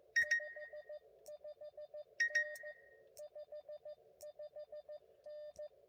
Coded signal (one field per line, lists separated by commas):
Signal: Morse code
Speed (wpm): 15 wpm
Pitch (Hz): 590 Hz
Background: none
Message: 55N 55N